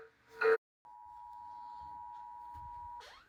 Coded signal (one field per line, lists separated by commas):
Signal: Emergency Alert System (SAME) tones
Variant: 853 and 960 Hz attention tone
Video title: EAS Alarms Part￼ 3￼